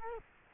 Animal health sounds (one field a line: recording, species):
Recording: mosquito wingbeat signal from an infrared sensor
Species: Culex quinquefasciatus